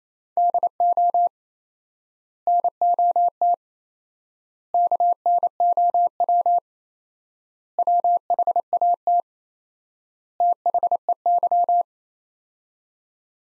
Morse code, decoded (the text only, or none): DO NOT KNOW WHAT THEY